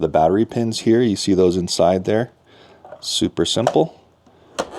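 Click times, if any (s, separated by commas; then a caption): 4.6 s. Someone talks while a removable USB-C fast-charging battery pack is lined up by its pins and pushed down into the housing of a PikaBoost 2 e-bike conversion kit. A short, sharp click sounds at 4.6 s as the pins go in and the battery pack seats in its housing.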